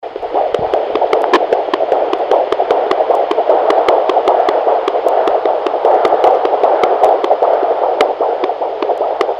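Fetal heartbeat heard through a Doppler monitor: rapid, whooshing pulses at about 154 beats per minute over a steady hiss.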